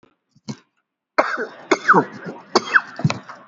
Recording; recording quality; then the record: shallow voluntary cough; moderate, slight background noise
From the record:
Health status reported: healthy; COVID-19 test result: negative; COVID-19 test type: RT-PCR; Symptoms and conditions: cough, cold, fever, fatigue, loss of smell and taste, hypertension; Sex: male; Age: 42 years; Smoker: no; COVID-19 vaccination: one dose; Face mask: worn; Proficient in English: yes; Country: India